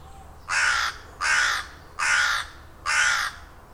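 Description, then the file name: Carrion crow giving four harsh, hoarse caws, each about half a second long, evenly spaced roughly every 0.8 seconds against a quiet background. "Zwarte Kraai - Corvus corone"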